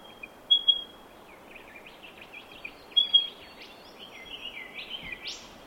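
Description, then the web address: Bird giving short, sharp high chirps in two pairs, with faint twittering between them over a steady hiss of background noise. Unidentified bird call at Warburton. "Sound Effects-Foundation 1 BIRD UNKNOWN WARBURTON CALL"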